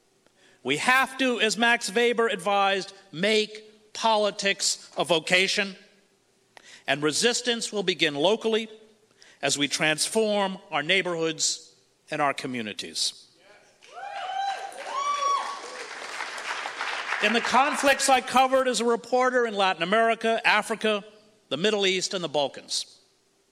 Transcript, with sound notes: We have to as Max Weber advised, "make politics a vocation." And resistance will begin locally as we transform our neighborhoods and our communities.
[few audience cheers followed by applause]
In the conflicts I covered as a reporter in Latin America, Africa, the Middle East, and the Balkans,